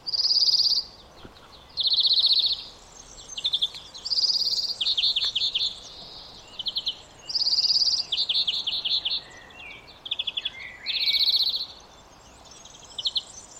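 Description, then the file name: European greenfinch singing a series of fast, high trills that shift in pitch from burst to burst, some loud and some softer, over steady background hiss. "Chloris chloris"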